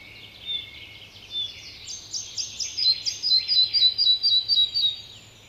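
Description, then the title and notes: Red-breasted Flycatcher song: thin high notes open, then a brisk run of repeated notes, about four per second, fading at the end. Scarce inhabitant of old forests. "Pikkusieppo. Viikon luontoäänen esitteli Juha Laaksonen"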